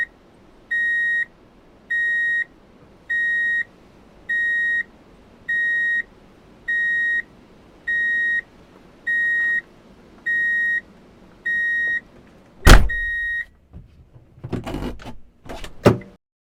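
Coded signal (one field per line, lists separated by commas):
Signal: alarm pattern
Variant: vehicle reversing beeper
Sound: steady high beeps, about one per second, eleven times, then crashing noises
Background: impact and rattling noises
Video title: Drive in Reverse Beep Alert - Sound Effect [4K]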